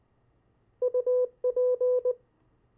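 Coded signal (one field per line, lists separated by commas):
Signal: Morse code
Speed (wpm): 19 wpm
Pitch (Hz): 500 Hz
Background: none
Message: UP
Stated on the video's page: CW copy practice of opposite words, pen-and-paper follow-along.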